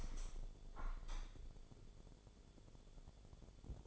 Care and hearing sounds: daily activity, microphone in the room; open window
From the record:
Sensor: 5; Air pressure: 1015.0 hPa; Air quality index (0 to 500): 102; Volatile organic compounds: 2 ppm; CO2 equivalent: 1095 ppm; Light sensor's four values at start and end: 35/81/33/31 and 35/81/33/31

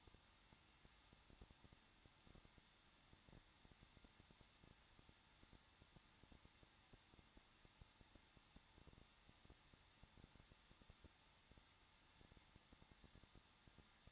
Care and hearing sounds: daily activity, microphone in the room; no activity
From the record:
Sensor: 3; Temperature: 21.2 degrees Celsius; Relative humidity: 36.4%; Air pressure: 1006.3 hPa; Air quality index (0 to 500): 223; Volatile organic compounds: 43 ppm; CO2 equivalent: 3191 ppm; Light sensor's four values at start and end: 2/3/2/2 and 2/3/2/2

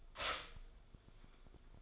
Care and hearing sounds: daily activity, microphone in the room; stop toaster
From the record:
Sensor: 5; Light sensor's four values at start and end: 15/35/14/12 and 15/35/14/12

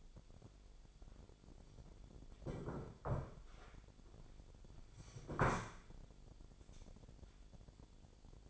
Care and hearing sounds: daily activity, microphone in the room; sit down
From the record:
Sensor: 5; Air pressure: 1008.1 hPa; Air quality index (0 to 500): 154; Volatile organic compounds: 3 ppm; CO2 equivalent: 1486 ppm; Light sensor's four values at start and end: 58/164/64/64 and 58/164/64/64

